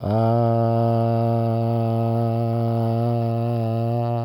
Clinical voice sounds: sustained vowel /a/; male; 40 to 49 years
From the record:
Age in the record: 48 years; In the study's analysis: included

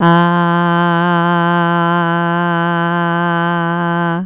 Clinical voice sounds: sustained vowel /a/; female; 60 to 69 years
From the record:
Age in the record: 61 years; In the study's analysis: included

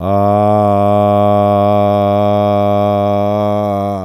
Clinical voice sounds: sustained vowel /a/; male; 70 to 79 years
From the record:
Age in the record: 75 years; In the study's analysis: included

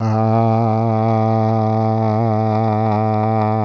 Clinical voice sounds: sustained vowel /a/; male; 50 to 59 years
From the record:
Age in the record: 55 years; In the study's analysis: included

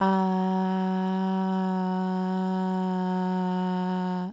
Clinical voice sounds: sustained vowel /a/; female; 20 to 29 years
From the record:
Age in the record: 20 years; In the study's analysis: included

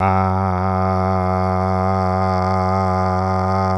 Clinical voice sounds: sustained vowel /a/; male; 50 to 59 years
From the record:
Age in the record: 51 years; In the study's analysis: included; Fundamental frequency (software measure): 94 Hz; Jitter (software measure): 0.27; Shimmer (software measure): 1.33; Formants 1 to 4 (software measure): 749 Hz, 1253 Hz, 2134 Hz, 3557 Hz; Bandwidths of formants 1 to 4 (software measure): 114 Hz, 109 Hz, 179 Hz, 370 Hz

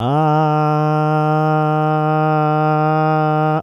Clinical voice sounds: sustained vowel /a/; male; 50 to 59 years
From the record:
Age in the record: 55 years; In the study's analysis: included

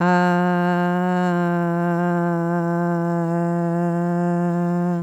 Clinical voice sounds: sustained vowel /a/; female; 30 to 39 years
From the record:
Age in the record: 35 years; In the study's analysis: included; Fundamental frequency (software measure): 175 Hz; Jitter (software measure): 0.32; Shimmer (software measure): 0.48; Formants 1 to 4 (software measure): 784 Hz, 1554 Hz, 2824 Hz, 4279 Hz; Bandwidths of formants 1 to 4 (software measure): 299 Hz, 176 Hz, 237 Hz, 368 Hz

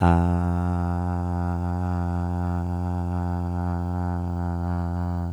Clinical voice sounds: sustained vowel /a/; male; 20 to 29 years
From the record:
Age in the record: 27 years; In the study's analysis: included

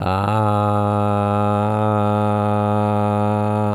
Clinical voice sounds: sustained vowel /a/; male; 60 to 69 years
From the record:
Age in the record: 69 years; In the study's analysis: included

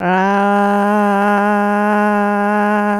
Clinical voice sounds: sustained vowel /a/; female; 20 to 29 years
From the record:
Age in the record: 27 years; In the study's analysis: included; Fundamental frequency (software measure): 206 Hz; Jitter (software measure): 0.46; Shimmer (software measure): 1.04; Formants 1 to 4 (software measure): 824 Hz, 1546 Hz, 2572 Hz, 3611 Hz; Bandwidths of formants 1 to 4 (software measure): 135 Hz, 288 Hz, 262 Hz, 386 Hz

